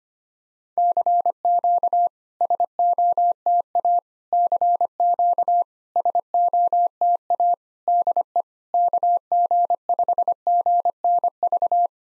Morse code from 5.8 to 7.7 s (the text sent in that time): SOTA